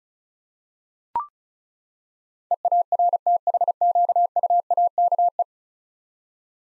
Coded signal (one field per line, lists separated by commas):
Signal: Morse code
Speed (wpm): 36 wpm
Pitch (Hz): 700 Hz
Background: none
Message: EARTHQUAKE